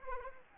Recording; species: mosquito wingbeat signal from an infrared sensor; Anopheles arabiensis